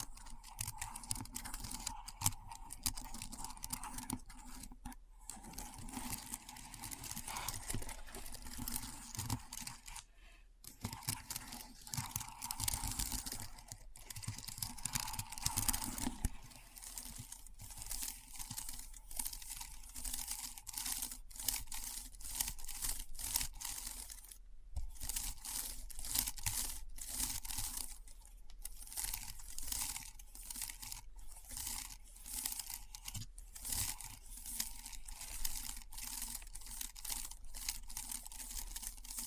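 Keyboard clicks and clacks run steadily through the whole stretch, a dense, quick patter of bright taps with few gaps. Brief silences break the typing near 5, 10 and 25 seconds, and a faint low hum with a steady midrange tone sits underneath.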